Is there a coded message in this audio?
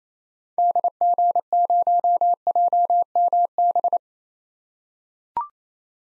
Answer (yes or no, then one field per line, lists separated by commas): yes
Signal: Morse code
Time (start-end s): 0.6-4.0 s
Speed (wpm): 28 wpm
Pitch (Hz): 700 Hz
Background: none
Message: DG0JMB